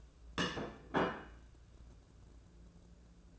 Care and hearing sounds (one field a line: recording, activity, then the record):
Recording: daily activity, microphone in the room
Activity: place plate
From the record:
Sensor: 2